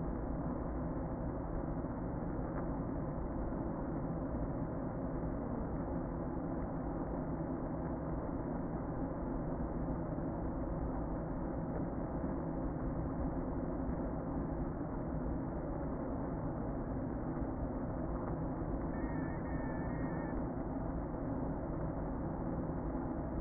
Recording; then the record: honeybee colony, microphone inside the hive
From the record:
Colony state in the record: queen present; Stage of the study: before two queens were removed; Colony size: about 60,000 bees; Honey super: yes